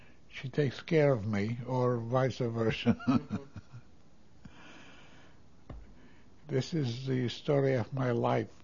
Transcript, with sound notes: she takes care of me, or vice versa. ( he laughs ) This is the story of my life.